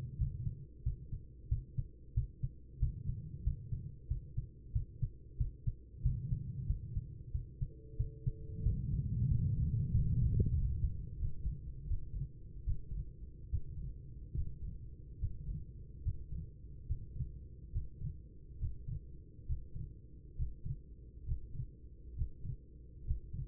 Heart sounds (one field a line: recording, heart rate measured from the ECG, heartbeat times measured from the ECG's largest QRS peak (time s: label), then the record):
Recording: heart sounds by stethoscope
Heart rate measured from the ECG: 81 bpm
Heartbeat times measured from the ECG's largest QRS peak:
0.17 s: heartbeat
0.83 s: heartbeat
1.48 s: heartbeat
2.14 s: heartbeat
2.79 s: heartbeat
3.43 s: heartbeat
4.07 s: heartbeat
4.72 s: heartbeat
5.37 s: heartbeat
6.02 s: heartbeat
6.66 s: heartbeat
7.31 s: heartbeat
7.96 s: heartbeat
8.63 s: heartbeat
9.28 s: heartbeat
9.91 s: heartbeat
10.54 s: heartbeat
11.18 s: heartbeat
11.86 s: heartbeat
12.63 s: heartbeat
13.49 s: heartbeat
14.33 s: heartbeat
15.18 s: heartbeat
16.02 s: heartbeat
16.85 s: heartbeat
17.71 s: heartbeat
18.57 s: heartbeat
19.45 s: heartbeat
20.35 s: heartbeat
21.24 s: heartbeat
22.14 s: heartbeat
23.03 s: heartbeat
From the record:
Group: healthy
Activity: rest 0-9 s, breath hold 9-24 s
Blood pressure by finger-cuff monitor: 105/69 mmHg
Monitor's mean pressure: 82 mmHg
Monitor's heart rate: 78 bpm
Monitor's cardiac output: 5.7 L/min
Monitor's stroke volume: 68 mL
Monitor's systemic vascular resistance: 970 dyn s/cm5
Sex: female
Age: 43 years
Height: 160 cm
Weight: 90 kg